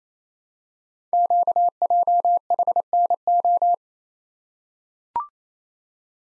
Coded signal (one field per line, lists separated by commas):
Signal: Morse code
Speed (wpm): 27 wpm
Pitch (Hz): 700 Hz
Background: none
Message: QJHNO